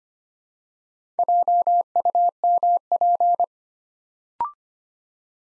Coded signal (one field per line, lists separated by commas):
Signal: Morse code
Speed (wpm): 25 wpm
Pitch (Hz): 700 Hz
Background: none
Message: JUMP